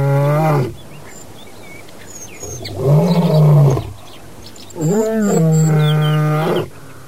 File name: lion